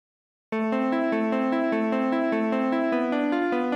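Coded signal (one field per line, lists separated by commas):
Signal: none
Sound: chiptune music notes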